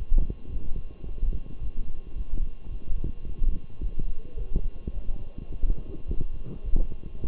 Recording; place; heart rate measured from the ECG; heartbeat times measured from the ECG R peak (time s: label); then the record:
heart sounds by stethoscope; between the tricuspid and mitral areas; 108 bpm
0.50 s: heartbeat
1.05 s: heartbeat
1.60 s: heartbeat
2.14 s: heartbeat
2.69 s: heartbeat
3.25 s: heartbeat
3.80 s: heartbeat
4.35 s: heartbeat
4.92 s: heartbeat
5.49 s: heartbeat
6.06 s: heartbeat
6.63 s: heartbeat
7.19 s: heartbeat
From the record:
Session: walking at 3.7 km/h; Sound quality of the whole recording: good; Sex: male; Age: 23 years